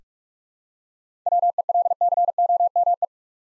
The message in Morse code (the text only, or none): WELCOME